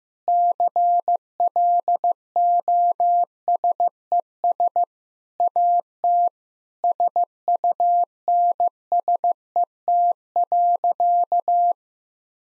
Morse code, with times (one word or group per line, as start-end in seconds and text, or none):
0.3-4.8 CLOSES
5.4-6.3 AT
6.8-11.7 SUNSET.